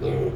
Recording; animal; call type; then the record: contact call of a hoofed animal; pig; closed-mouth grunt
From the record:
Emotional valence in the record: negative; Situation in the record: short social isolation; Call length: 0.36 s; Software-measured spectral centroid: 1200 Hz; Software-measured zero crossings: 740 a second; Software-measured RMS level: -24 dBFS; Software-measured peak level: -14 dBFS